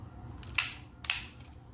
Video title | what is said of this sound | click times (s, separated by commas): Edoggz Reviews: Tobot Galaxy Detectives SHUTTLE (Rocket) | Just 2 clicks. | 0.6 s, 1.1 s